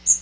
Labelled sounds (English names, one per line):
Magnolia Warbler flight call